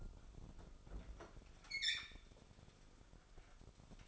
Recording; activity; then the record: daily activity, microphone in the room; open fridge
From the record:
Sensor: 5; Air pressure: 988.5 hPa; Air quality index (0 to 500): 216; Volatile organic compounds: 115 ppm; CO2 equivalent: 3847 ppm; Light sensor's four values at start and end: 41/128/49/53 and 42/127/50/53